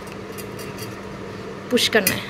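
A buckle clamp is being positioned on the lid of a 1500 ml airtight glass jar before it is pushed down to close, while someone talks over a steady low hum. Two louder bursts of handling noise occur near 1.7 s and 2.0 s. Nothing has clicked or latched yet.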